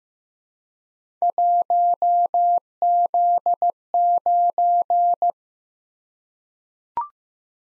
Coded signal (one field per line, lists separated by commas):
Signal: Morse code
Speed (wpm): 15 wpm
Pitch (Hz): 700 Hz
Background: none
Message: 1Z9